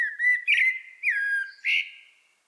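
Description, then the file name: Common blackbird giving clear, fluty whistled notes that slide and waver, four loud phrases in quick succession, then fading out; no other sounds. "Turdus merula"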